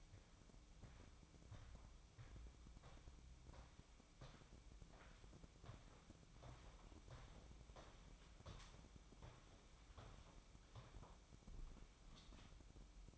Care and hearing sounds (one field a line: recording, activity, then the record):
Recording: daily activity, microphone in the room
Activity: walk to room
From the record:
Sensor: 1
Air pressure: 1008.2 hPa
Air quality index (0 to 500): 138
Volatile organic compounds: 2 ppm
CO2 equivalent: 1160 ppm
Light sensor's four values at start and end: 9/21/8/9 and 9/20/8/9